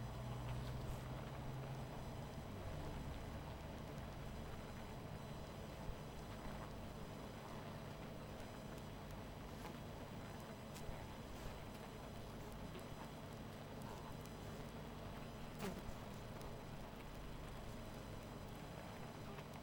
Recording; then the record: honeybee colony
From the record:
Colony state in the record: missing queen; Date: 14 July 2017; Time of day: 20:57